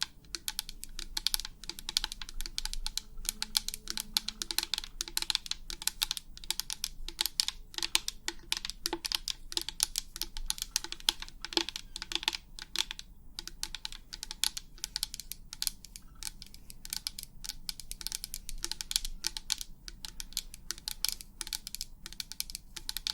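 Rapid, continuous tapping on what sounds like a computer keyboard, with dense, irregular clicks running through the whole stretch and only brief gaps. The clicks are crisp and bright, over a faint steady low hum.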